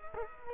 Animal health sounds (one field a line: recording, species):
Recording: mosquito wingbeat signal from an infrared sensor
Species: Culex quinquefasciatus